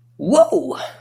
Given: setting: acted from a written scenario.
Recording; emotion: vocal sound without words; elation